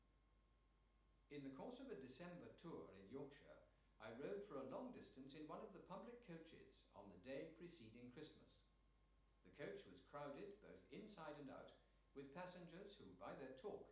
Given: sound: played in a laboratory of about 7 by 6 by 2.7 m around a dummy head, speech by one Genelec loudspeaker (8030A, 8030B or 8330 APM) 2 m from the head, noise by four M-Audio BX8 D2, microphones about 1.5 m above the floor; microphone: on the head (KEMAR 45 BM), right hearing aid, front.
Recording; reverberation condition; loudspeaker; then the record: male speech in English; medium; 150 degrees to the right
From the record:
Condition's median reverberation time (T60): about 510 ms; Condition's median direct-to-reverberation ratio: about -0.5 dB